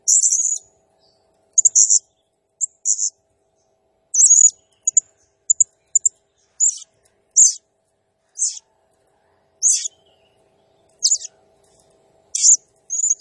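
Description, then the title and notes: Blue-crowned hanging parrot song, a lively mix of shrill chirps and buzzy, down-slurred squeaks delivered in irregular bursts throughout. Singing energetically (gacor, nembak style); recording used as masteran (lure/training sound) for other birds. "Burung Serindit Nembak Gacor Bikin Emosi Semua Burung. Suara Nasteran Dan Pemikat Burung Serinditan Gacor"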